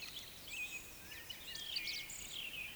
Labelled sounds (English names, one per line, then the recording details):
Eurasian Woodcock whistle
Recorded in Baden-Württemberg, Germany, on 11 June 2021 at 19:05 UTC
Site 24606, 635 m above sea level